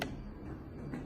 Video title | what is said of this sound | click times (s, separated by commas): วิธีการใช้งานเครื่องให้อาหาร HK-300V | ให้เข้าล็อคทุกมุมนะคะใส่กระเปาะใส่กระเปาะให้อาหารเสร็จแล้วค่อยๆดึงสายออกมาล็อค | 0.0 s